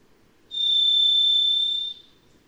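Varied thrush song: a single long, steady whistled note held at one pitch for about a second and a half, then silence.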